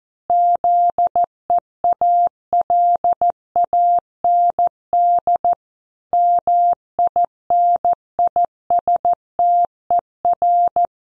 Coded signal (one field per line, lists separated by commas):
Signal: Morse code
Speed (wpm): 14 wpm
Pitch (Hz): 700 Hz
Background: none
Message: ZEALAND MINISTER